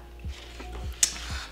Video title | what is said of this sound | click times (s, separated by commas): Heart LoveNote™ Assembly Video | the main spine you'll kind of hear that little click when it slides through and it should interlock | 1.0 s